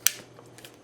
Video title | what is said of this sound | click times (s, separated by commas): IWISS Power Pole Crimper Review | I hear it click and I can really sit and | 0.1 s